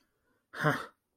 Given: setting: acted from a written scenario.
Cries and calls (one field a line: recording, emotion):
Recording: vocal sound without words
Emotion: contempt